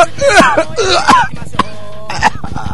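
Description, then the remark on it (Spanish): A person coughs into a microphone, a couple of short, harsh bursts amid voiced, speech-like sounds, loud and close to clipping. “No toses arriba el micrófono, salame.”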